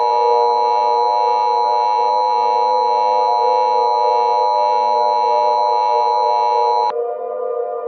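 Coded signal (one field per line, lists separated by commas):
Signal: Emergency Alert System (SAME) tones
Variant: 853 and 960 Hz attention tone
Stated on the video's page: Fictional nuclear attack EAS scenario with valid SAME tones.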